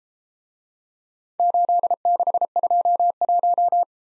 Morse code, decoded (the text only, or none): 8621